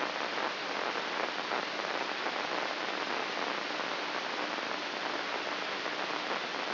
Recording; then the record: brain microelectrode recording played as sound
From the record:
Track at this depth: inside the subthalamic nucleus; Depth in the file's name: 5.083 mm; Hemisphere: left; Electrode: 2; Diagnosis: Parkinson's disease